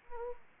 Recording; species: mosquito wingbeat signal from an infrared sensor; Anopheles arabiensis